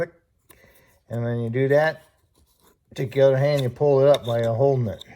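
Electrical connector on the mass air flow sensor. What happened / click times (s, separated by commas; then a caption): Connector latch clicks open / 0.5 s. A small flat-blade screwdriver is pushed into the locking tab of the electrical connector on the mass air flow sensor of a 2009 Audi A3 2.0T and levered slightly, giving a short, sharp click at 0.5 s as the latch releases, during water pump removal. Someone then talks while the connector is pulled up and off.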